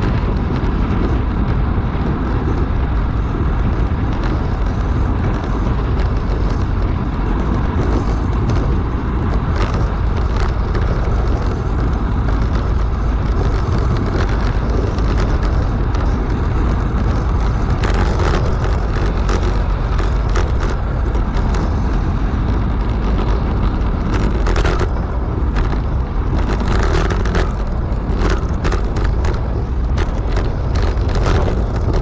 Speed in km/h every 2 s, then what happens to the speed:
36, 35, 35, 34, 33, 33, 33, 34, 34, 34, 35, 36, 37, 39, 42, 43.
0-21 steady at about 34. 21-32 speeds up to 43.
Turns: none.